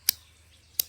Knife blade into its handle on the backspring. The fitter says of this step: great snap hear that